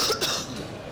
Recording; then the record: coughing mixed with background sound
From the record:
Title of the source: November cold (wet coughing)